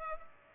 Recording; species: mosquito wingbeat signal from an infrared sensor; Culex pipiens